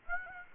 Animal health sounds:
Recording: mosquito wingbeat signal from an infrared sensor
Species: Aedes aegypti

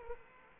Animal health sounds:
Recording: mosquito wingbeat signal from an infrared sensor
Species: Aedes aegypti

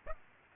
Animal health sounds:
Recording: mosquito wingbeat signal from an infrared sensor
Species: Aedes aegypti

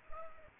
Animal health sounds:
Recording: mosquito wingbeat signal from an infrared sensor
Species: Culex pipiens

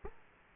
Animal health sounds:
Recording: mosquito wingbeat signal from an infrared sensor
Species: Aedes aegypti

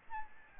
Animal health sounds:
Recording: mosquito wingbeat signal from an infrared sensor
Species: Aedes albopictus

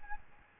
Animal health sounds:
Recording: mosquito wingbeat signal from an infrared sensor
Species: Aedes albopictus

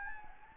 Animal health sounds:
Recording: mosquito wingbeat signal from an infrared sensor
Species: Anopheles gambiae

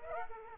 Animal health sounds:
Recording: mosquito wingbeat signal from an infrared sensor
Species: Aedes aegypti

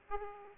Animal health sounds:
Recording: mosquito wingbeat signal from an infrared sensor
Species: Aedes aegypti

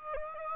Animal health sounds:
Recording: mosquito wingbeat signal from an infrared sensor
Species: Aedes aegypti

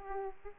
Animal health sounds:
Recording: mosquito wingbeat signal from an infrared sensor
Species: Aedes aegypti

